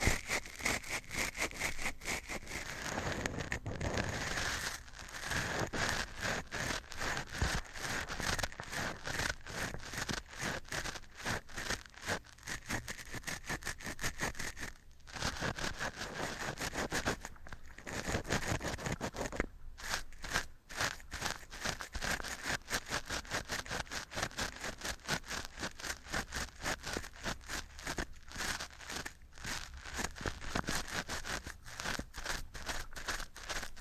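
Scratching and tapping go on, a dense run of quick, crisp strokes that rarely pauses for the whole half-minute. The scraping is bright and gritty with little low sound, broken by brief gaps near 3, 15 and 17 seconds.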